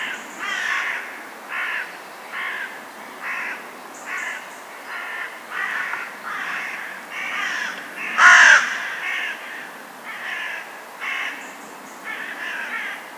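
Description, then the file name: Carrion crow giving a steady series of harsh caws, mostly faint, with one loud caw standing out partway through. "Corvus corone"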